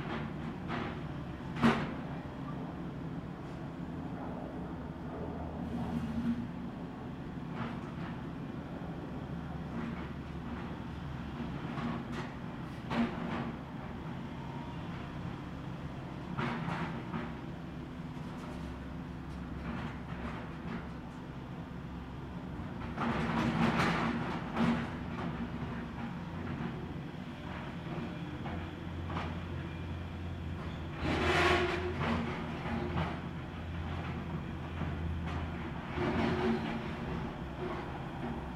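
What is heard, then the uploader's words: Demolition work: a steady low machine rumble and drone runs throughout, broken by scattered sharp bangs and crashes every few seconds. Louder bursts of scraping and clattering debris arrive around 23–25 seconds and again near 31 seconds. Demolition. Recorded from the driveway of the Tintinabulary.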